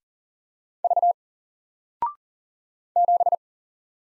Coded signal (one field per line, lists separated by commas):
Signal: Morse code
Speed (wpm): 40 wpm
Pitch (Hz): 700 Hz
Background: none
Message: V 7